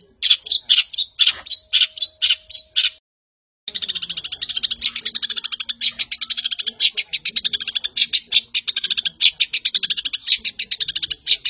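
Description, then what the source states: Long-tailed shrike song: loud harsh chattering notes in quick bursts, a brief silent break, then a dense, rapid buzzy stream of scratchy notes. Champion bird, known locally as cendet.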